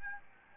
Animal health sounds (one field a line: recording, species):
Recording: mosquito wingbeat signal from an infrared sensor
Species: Aedes albopictus